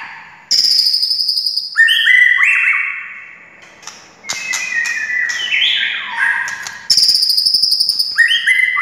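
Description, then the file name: White-rumped shama song: bursts of high buzzy trills alternating with rolling whistled slurs that drop in pitch, delivered in loud repeated phrases. Wild forest bird. "suara murai hutan asli"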